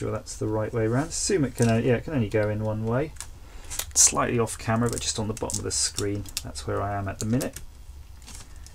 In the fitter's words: it clicked in good so